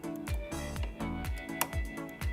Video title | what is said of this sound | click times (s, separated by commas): How to Change Burs on CEREC MC XL | not sure if you heard that click I could do it again | 1.6 s